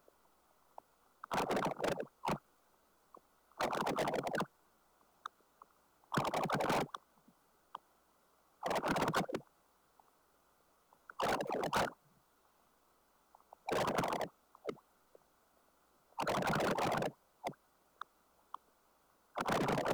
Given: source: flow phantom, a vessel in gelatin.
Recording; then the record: Doppler ultrasound of air bubbles in flowing water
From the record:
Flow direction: towards the transducer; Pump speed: 250 rpm (900 mL/min); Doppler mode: pulsed wave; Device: 7 MHz transducer